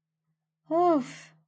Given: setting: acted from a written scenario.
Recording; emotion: vocal sound without words; relief